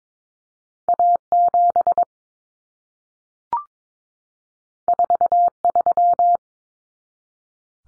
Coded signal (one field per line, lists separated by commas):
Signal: Morse code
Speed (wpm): 22 wpm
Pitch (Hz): 700 Hz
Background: none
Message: A7 43